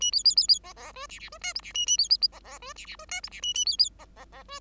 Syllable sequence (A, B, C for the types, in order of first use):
A B B B B C C D E E D F G E A A B B C C D E E D F G E A A B B C C C D